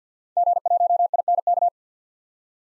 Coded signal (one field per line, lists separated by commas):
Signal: Morse code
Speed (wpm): 50 wpm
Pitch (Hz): 700 Hz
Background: none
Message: G1INK